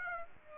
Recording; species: mosquito wingbeat signal from an infrared sensor; Aedes aegypti